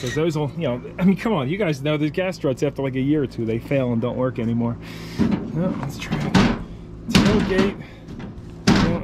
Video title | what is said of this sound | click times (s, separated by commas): 1974 El Camino Desert Queen Sitting For Years! Will It Run/Drive? - NNKH | it doesn't doesn't latch so we'll have to look into that I just need a little Lube on these I'm sure | none